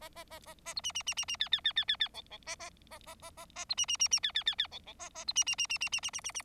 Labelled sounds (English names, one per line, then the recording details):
Bengalese Finch song
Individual Bird4